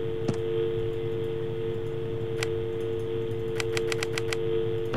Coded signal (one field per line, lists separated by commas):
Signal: telephone call progress tone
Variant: UK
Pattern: dial tone